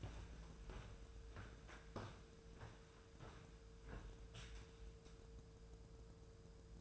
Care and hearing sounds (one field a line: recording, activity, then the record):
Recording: daily activity, microphone in the room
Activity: walk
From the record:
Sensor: 2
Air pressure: 1005.4 hPa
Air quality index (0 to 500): 103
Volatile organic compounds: 2 ppm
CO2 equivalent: 1248 ppm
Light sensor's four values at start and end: 9/20/8/8 and 8/20/8/8